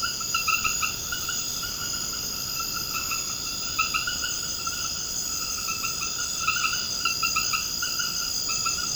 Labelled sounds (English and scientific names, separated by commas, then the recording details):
none
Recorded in secondary vegetation near Puerto Asís, Putumayo, Colombia, on 21 March 2025 at 22:00
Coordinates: 0.488, -76.319
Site G095